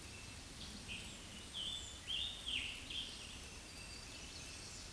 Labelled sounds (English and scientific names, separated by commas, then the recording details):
Scarlet Tanager (Piranga olivacea) song
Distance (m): 35 m
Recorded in a Pennsylvania forest on 19 May 2023 at 09:08
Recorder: AudioMoth, point grid1_26_low
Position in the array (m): 139 m, 45 m